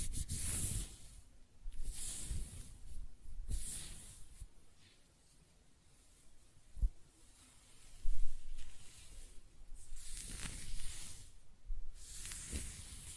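Close-up hair sounds: soft, airy scratching and brushing strokes arrive in bursts, bright and hissy at the top, with short quiet gaps. Strokes cluster near the start, around 2–4 seconds, and again from 8 to 13 seconds, with a sharp tap near 7 seconds.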